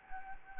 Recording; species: mosquito wingbeat signal from an infrared sensor; Anopheles gambiae